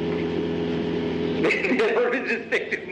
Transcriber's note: laughs